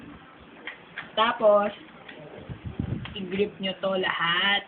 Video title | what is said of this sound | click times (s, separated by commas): Automatic Umbrella. ; ) | niyo paganyan anan dapat marinig niyo yung pag-click nung button | 0.7 s